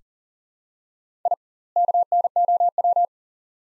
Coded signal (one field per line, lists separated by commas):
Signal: Morse code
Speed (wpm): 37 wpm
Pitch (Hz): 700 Hz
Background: none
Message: I KNOW